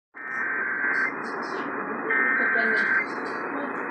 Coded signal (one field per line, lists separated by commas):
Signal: Emergency Alert System (SAME) tones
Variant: header bursts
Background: speech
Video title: SoCal Severe Weather Alerts (EAS #1222-1223) 7/22/19